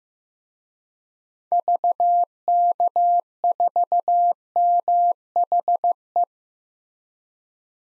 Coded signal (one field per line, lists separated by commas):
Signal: Morse code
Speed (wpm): 15 wpm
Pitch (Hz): 700 Hz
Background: none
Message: VK4MHE